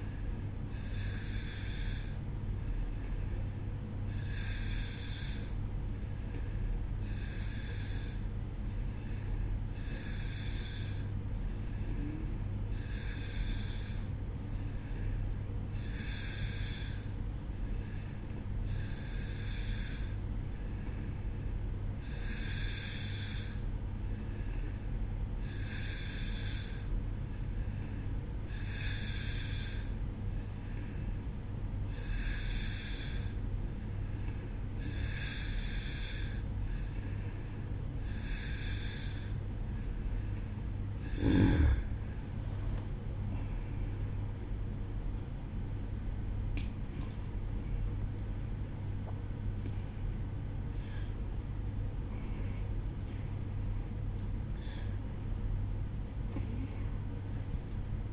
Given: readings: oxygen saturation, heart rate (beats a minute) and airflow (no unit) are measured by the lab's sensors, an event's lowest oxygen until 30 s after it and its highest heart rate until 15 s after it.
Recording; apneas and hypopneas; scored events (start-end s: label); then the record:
breathing in sleep by a smartphone at the bedside; none
37.00-58.13 s: new sleep stage, N1 (lightest sleep)
From the record:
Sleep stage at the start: N2 (light sleep); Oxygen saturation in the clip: 89 to 91%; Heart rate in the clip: 63 to 76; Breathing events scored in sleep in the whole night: 305 in 9.6 hours asleep